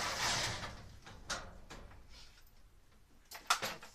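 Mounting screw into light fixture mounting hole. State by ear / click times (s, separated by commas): stripped / none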